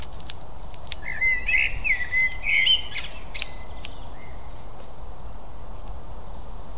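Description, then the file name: Eurasian blackbird song: a short run of warbled, fluty notes around the middle, over steady background hiss. "Turdus merula"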